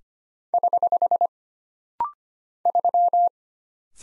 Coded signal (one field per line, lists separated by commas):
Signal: Morse code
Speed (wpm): 25 wpm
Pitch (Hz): 700 Hz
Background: none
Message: <HH> 3